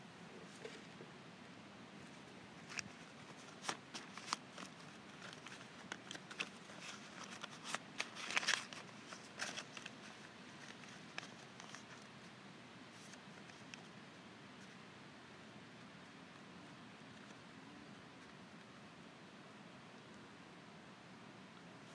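Index cards are handled, with sharp papery flicks and riffles clustered between about 2 and 12 seconds, loudest near 8 seconds. After that the handling thins out to a few soft rustles. A steady low hum sits underneath throughout.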